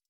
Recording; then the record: hydrophone in a shrimp aquaculture tank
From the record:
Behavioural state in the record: stressed